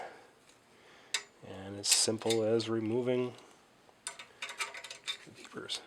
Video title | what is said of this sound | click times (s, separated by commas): DSM 4G63 Valve Spring Replacement - How to | I just get it centered on the spring, push down, you'll hear it lock, | 1.1 s